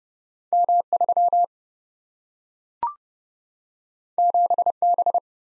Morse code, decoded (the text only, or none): M3 7B